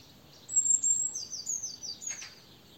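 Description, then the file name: Eurasian blue tit call, a single bout of piercing high thin notes sliding into a short descending series of slightly buzzy notes, over quiet background hiss. "Cyanistes caeruleus"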